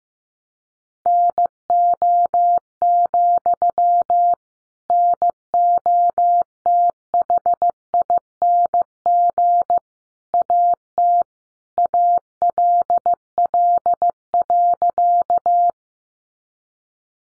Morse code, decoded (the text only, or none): NO, NOTHING AT ALL.